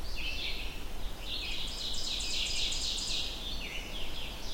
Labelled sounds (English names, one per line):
Ovenbird song